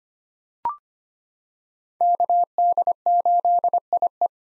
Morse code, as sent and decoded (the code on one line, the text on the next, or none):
-.- -.. ---.. .. .
KD8IE